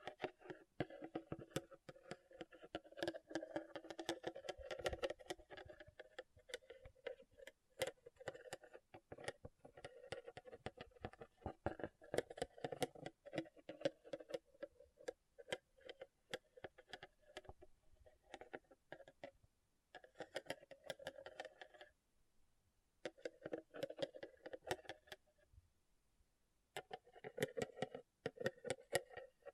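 Rhinestones are tapped and scratched in a dense, uneven stream of sharp clicks and light rasping. The activity runs nearly nonstop, with brief pauses near 20 and 23 seconds and a short lull around 26 seconds before it resumes.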